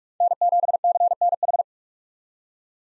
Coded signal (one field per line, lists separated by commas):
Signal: Morse code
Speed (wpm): 42 wpm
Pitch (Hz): 700 Hz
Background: none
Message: N7CNH